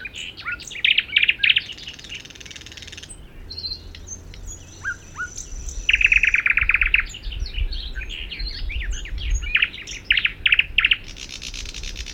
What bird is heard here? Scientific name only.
Luscinia luscinia